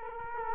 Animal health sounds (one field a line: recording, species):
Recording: mosquito wingbeat signal from an infrared sensor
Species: Culex quinquefasciatus